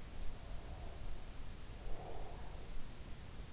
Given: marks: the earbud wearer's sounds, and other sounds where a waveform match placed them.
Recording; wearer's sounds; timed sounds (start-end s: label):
sounds in sleep by an in-ear microphone; breath
0.26-3.23 s: breath